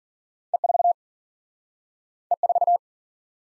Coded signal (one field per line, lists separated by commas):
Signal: Morse code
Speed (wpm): 54 wpm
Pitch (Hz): 700 Hz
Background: none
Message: E4 E4